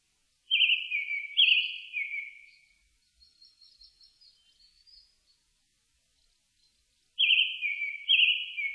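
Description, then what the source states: Japanese thrush song: two loud, slurred whistled notes dropping in pitch, faint high twittering during the pause, then another pair of strong whistles. Recorded on 4 May 2001.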